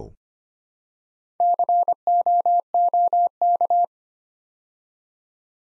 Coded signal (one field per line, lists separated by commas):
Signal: Morse code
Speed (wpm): 25 wpm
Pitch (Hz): 700 Hz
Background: none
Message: COOK